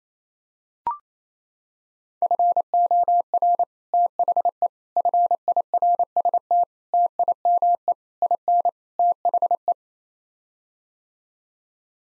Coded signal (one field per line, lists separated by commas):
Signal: Morse code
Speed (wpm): 27 wpm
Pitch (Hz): 700 Hz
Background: none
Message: FOR THE FIRST TIME IN THE